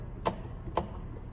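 A click-type torque wrench set to 170 inch-pounds, fitted with a half-inch socket, tightens a bolt clockwise until its head breaks over to the side. Two sharp, bright clicks sound at 0.3 s and 0.8 s over a low background hum. The click means the bolt is torqued to 170 inch-pounds.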